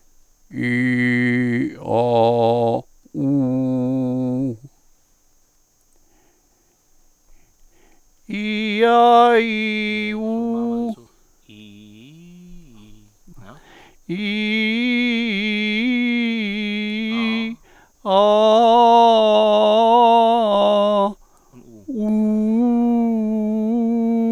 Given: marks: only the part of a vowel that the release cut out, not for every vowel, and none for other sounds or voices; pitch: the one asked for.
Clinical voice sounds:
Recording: sustained vowels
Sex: male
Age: 60 to 69 years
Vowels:
0.73-1.39 s: vowel /i/, low pitch
1.99-2.67 s: vowel /a/, low pitch
3.27-4.42 s: vowel /u/, low pitch
14.25-15.67 s: vowel /i/, low-high-low pitch
18.21-19.72 s: vowel /a/, low-high-low pitch
22.12-23.62 s: vowel /u/, low-high-low pitch
From the record:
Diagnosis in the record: healthy voice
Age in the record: 65 years

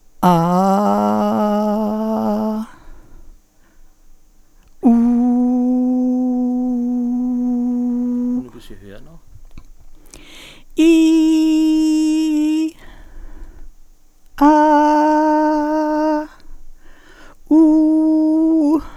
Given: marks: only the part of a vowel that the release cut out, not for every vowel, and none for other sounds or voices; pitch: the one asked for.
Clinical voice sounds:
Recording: sustained vowels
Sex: female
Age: 70 to 79 years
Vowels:
0.37-2.28 s: vowel /a/, low pitch
5.10-7.00 s: vowel /u/, low pitch
11.16-12.37 s: vowel /i/, high pitch
14.57-15.48 s: vowel /a/, high pitch
17.64-18.69 s: vowel /u/, high pitch
From the record:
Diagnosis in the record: presbyphonia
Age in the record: 70 years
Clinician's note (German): Vox senilis

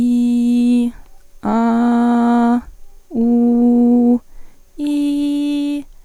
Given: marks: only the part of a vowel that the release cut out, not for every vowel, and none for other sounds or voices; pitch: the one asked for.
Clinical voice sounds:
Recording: sustained vowels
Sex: female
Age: 20 to 29 years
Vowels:
0.00-0.78 s: vowel /i/, normal pitch
1.60-2.48 s: vowel /a/, normal pitch
3.29-4.04 s: vowel /u/, normal pitch
4.93-5.73 s: vowel /i/, high pitch
From the record:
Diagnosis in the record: healthy voice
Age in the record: 20 years

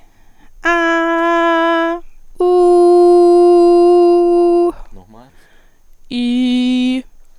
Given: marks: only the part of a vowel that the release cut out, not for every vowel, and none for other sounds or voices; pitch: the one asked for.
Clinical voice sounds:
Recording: sustained vowels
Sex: female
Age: 20 to 29 years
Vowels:
0.76-1.71 s: vowel /a/, high pitch
2.91-4.18 s: vowel /u/, high pitch
6.21-6.89 s: vowel /i/, low pitch
From the record:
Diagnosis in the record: median neck cyst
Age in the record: 25 years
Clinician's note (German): Unauffälliger stroboskopischer Befund

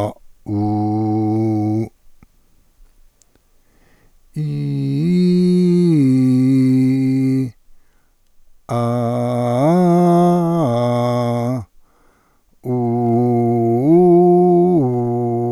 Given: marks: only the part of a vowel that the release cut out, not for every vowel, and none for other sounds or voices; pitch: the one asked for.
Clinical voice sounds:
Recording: sustained vowels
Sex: male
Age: 70 to 79 years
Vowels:
0.61-1.77 s: vowel /u/, low pitch
4.65-6.56 s: vowel /i/, low-high-low pitch
9.16-11.10 s: vowel /a/, low-high-low pitch
13.31-15.27 s: vowel /u/, low-high-low pitch
From the record:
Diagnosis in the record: contact pachydermia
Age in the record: 76 years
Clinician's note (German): Kontaktpachydermie ohne "Kontaktpachydermie" mit hypotonem Schwingungsbild

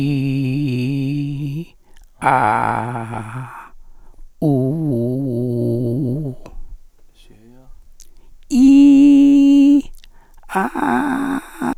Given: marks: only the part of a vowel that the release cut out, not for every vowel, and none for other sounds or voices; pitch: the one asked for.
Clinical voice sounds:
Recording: sustained vowels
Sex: male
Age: 70 to 79 years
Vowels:
0.00-1.22 s: vowel /i/, normal pitch
2.34-3.00 s: vowel /a/, normal pitch
4.94-6.05 s: vowel /u/, normal pitch
8.65-9.62 s: vowel /i/, high pitch
10.59-11.34 s: vowel /a/, high pitch
From the record:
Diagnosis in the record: recurrent laryngeal nerve paralysis, presbyphonia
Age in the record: 77 years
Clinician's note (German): Links, nach Strumektomie bei beginnender vox senilis

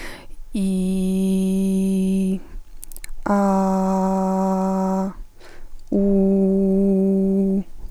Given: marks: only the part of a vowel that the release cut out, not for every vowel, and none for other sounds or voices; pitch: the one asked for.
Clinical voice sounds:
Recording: sustained vowels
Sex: female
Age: 18 to 19 years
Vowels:
0.70-2.25 s: vowel /i/, low pitch
3.40-4.98 s: vowel /a/, low pitch
6.04-7.51 s: vowel /u/, low pitch
From the record:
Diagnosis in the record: healthy voice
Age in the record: 19 years

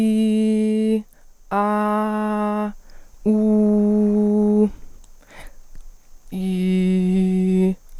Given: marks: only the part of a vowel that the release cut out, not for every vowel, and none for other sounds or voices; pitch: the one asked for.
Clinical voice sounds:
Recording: sustained vowels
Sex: female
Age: 20 to 29 years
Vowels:
0.00-0.77 s: vowel /i/, normal pitch
1.72-2.26 s: vowel /a/, normal pitch
3.38-4.54 s: vowel /u/, normal pitch
6.47-7.60 s: vowel /i/, low pitch
From the record:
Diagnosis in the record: healthy voice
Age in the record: 24 years

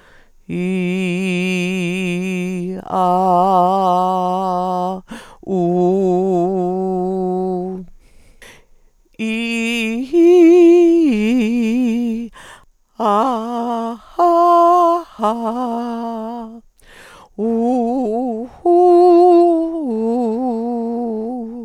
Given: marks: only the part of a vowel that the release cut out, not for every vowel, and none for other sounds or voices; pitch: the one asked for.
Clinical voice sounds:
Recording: sustained vowels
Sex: female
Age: 70 to 79 years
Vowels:
0.65-2.55 s: vowel /i/, low pitch
3.02-4.83 s: vowel /a/, low pitch
5.62-7.53 s: vowel /u/, low pitch
9.36-11.63 s: vowel /i/, low-high-low pitch
13.24-16.02 s: vowel /a/, low-high-low pitch
17.74-20.95 s: vowel /u/, low-high-low pitch
From the record:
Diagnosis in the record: recurrent laryngeal nerve paralysis, dysodia (singing voice disorder)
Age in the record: 72 years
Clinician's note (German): Jetzt kompensiert, lediglich Dysodie

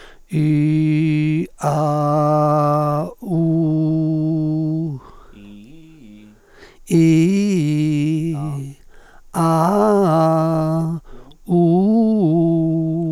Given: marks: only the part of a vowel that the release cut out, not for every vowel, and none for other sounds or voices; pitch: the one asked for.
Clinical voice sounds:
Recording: sustained vowels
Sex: male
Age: 70 to 79 years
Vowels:
0.43-1.09 s: vowel /i/, low pitch
1.70-2.55 s: vowel /a/, low pitch
3.55-4.75 s: vowel /u/, low pitch
6.95-8.23 s: vowel /i/, low-high-low pitch
9.38-10.74 s: vowel /a/, low-high-low pitch
11.54-12.70 s: vowel /u/, low-high-low pitch
From the record:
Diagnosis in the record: hypofunctional dysphonia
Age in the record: 71 years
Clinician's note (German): Hypofunktionelle Dysphonie

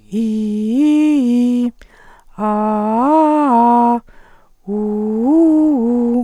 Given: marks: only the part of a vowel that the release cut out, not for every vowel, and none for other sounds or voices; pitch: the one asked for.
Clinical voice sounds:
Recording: sustained vowels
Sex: female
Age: 50 to 59 years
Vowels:
0.45-1.59 s: vowel /i/, low-high-low pitch
2.49-3.78 s: vowel /a/, low-high-low pitch
4.79-6.13 s: vowel /u/, low-high-low pitch
From the record:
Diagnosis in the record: recurrent laryngeal nerve paralysis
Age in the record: 50 years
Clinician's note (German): Frische strumiprive links, ohne Kompensation

